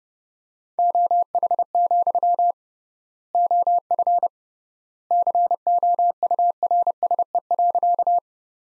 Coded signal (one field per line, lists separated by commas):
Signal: Morse code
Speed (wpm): 31 wpm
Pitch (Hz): 700 Hz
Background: none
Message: OH, OF COURSE.